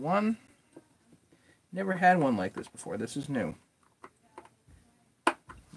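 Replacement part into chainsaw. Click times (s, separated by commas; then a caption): 5.3 s. Someone talks while a new replacement part is pushed into place on a Stihl 034 chainsaw being rebuilt, with a few faint ticks around 4 seconds. A single sharp snap at 5.3 seconds is the part popping into place, fully seated.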